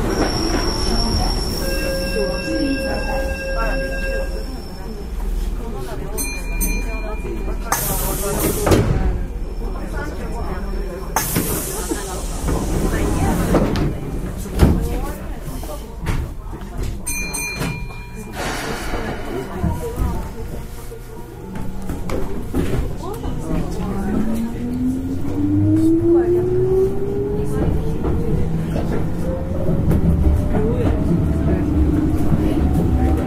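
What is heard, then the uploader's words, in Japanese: An electric train runs with a steady low rumble and rattle of wheels, heard from inside the car. Brief clunks and bursts of noise come around 8, 11, 14 and 17 seconds, and a rising motor whine climbs from about 24 seconds onward. 京阪電車 6000系 急行 枚方市から祇園四条まで。京阪電気鉄道 6000系電車の走行音です。急行列車にて録音しました。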